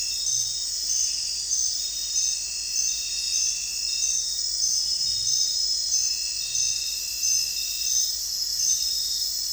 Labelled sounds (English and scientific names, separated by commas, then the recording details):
none
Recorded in dense forest near Puerto Asís, Putumayo, Colombia, on 21 December 2024 at 00:00
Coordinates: 0.467, -76.328
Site GP05